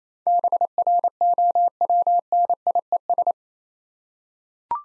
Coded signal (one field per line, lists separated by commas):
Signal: Morse code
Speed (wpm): 29 wpm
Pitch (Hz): 700 Hz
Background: none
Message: BROWNIES